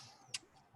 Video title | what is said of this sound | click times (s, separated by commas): Bench Doctor Office Hours: The Rifle is Fine- AK47 and SKS Basic Maintenance | and then it locks into place like that and there's a cleaning rod that i have uh upstairs that | 0.3 s